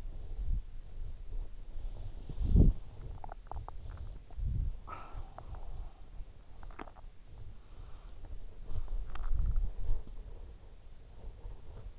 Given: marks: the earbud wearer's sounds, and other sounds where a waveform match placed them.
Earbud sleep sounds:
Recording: sounds in sleep by an in-ear microphone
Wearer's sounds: body movement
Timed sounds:
0.00-11.99 s: body movement

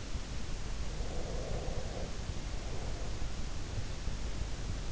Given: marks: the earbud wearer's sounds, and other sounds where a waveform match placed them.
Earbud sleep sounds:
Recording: sounds in sleep by an in-ear microphone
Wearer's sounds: breath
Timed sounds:
0.93-3.59 s: breath

